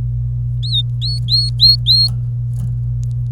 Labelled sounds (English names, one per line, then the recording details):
Domestic Canary song
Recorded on 26 April 2018 at 10:52
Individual llb3